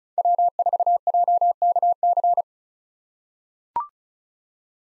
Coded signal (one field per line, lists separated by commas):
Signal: Morse code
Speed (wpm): 36 wpm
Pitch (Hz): 700 Hz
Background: none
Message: W4JKC